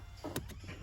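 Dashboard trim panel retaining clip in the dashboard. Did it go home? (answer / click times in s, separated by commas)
released / 0.4 s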